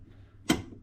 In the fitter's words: like so go backwards Till You Hear The Click